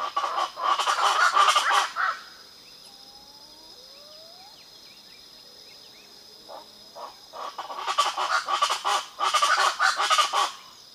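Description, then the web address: Speckled chachalaca group calls, harsh loud bursts for about two seconds, a quiet gap with faint thin whistles, then another raucous chorus from eight seconds on. Group calls; eastern lowlands of South America. "Natures Songs S America Eastern Lowlands Ortalis guttata, group calls"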